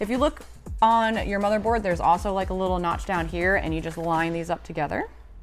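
An NVMe M.2 SSD is lined up by its notch with the notch on the motherboard's M.2 slot, ready to be inserted, while someone talks over background music. Nothing has seated or clicked yet.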